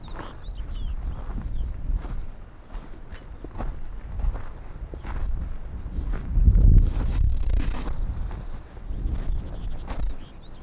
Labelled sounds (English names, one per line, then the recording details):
Arctic Fox
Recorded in the wild
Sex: male
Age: adult
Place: Insel Mednyi, Kommandeur-Inseln, RU
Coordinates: 54.5167, 168.083
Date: 1999-07-14
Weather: 6°C, Nebel, mäßiger Südostwind
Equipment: Sony WM-D6C, Sennheiser ME 80, K 30 AV, Windkorb, Kopie Sony TCD-D8
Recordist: Jakupi, Antje
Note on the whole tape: Südosten der Insel, Haupttal, "Fichtelberg": 10 Bellstrophen des Rüden violett/grün 71 vom Nordwestgrat in der Nähe der alten Höhle. Entfernung ca. 60 m. Gut